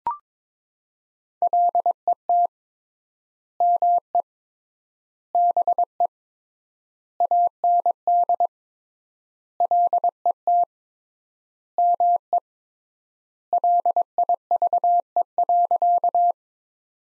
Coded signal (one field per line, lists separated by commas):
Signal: Morse code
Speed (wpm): 22 wpm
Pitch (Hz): 700 Hz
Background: none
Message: LET ME BE AND LET ME LIVE.